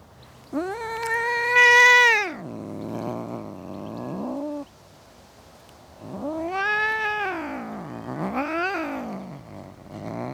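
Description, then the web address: Domestic cat caterwauling with a loud, steady, high wail that drops into a low growling moan, then a rising howl followed by a wavering double-dipping cry. Cats in a suburban garden. "BBC Sound Effects Library BBC - Cats Cats In A Suburban Garden"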